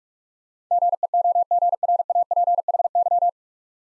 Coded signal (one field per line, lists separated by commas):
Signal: Morse code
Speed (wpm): 44 wpm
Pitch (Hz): 700 Hz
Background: none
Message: GEOGRAPHY